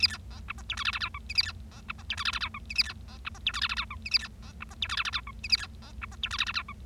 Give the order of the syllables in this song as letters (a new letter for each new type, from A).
A B C D E F G H H I J K A B C D E F G H H I J K A B C D E F G H H I J K A B C D E F G H H I J K A B C D E F G H H I J